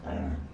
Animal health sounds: pig call; growing-finishing pig (85 days or more)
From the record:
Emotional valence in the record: negative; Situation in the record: barren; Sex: female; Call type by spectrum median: low-frequency call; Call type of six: low-frequency stable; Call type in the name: low-frequency stable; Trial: 1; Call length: 0.54 s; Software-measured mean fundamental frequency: 68 Hz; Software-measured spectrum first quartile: 96 Hz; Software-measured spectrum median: 223 Hz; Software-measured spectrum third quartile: 529 Hz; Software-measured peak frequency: 250 Hz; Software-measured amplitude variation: 128 dB a second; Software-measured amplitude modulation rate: 28.7 a second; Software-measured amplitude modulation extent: 4.4 dB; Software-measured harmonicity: -3.4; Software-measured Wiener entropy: -0.41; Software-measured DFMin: 846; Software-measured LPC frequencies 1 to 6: 647, 1583, 2824, 3683, 4678, 5464 Hz

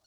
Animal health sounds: pig call; piglet (1 to 25 days)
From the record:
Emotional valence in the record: positive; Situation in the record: short reunion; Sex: male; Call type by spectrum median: high-frequency call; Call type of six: low-frequency tonal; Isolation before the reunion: 3 minutes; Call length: 0.07 s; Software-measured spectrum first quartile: 1099 Hz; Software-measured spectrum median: 3899 Hz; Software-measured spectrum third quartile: 5294 Hz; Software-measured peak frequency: 4368 Hz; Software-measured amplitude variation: 95 dB a second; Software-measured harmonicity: 2.5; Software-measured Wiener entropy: -1.67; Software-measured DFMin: 666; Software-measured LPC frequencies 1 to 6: 708, 1438, 2865, 3899, 4358, 5790 Hz

